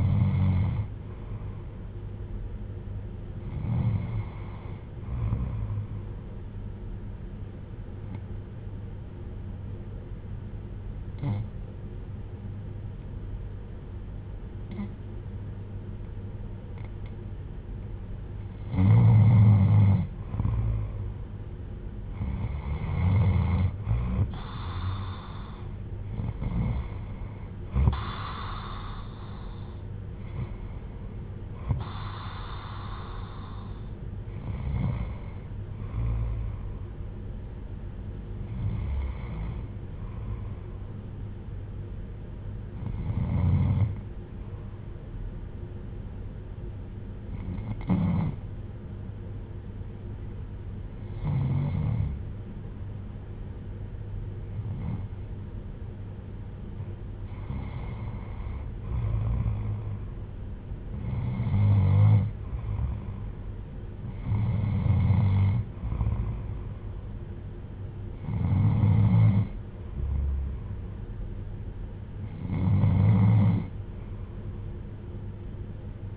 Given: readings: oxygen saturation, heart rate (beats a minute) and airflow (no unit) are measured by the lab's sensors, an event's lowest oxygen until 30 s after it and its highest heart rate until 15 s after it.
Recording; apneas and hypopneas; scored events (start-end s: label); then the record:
breathing in sleep by a smartphone at the bedside; 1
8.00-22.20 s: hypopnea (N2, oxygen 95% highest, then 91% lowest, heart rate 58 at the start, 67 highest)
From the record:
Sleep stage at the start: N2 (light sleep); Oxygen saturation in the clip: 91 to 96%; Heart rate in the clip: 57 to 67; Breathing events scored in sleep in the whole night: 310 in 8.1 hours asleep